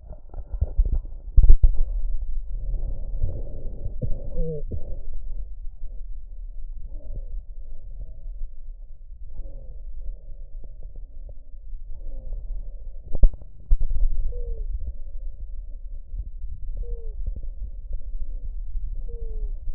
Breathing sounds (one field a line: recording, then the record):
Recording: lung sounds by stethoscope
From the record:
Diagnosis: emphysema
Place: left posterior upper chest